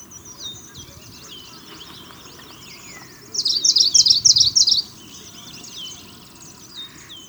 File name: trochiloides call song